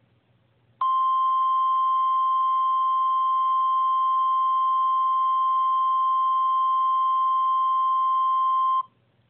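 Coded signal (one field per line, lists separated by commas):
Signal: Emergency Alert System (SAME) tones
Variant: 1050 Hz attention tone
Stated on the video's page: Fictional EAS scenario made with an EAS simulator.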